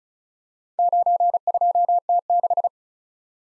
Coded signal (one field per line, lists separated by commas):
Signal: Morse code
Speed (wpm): 36 wpm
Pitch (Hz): 700 Hz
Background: none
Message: 92T6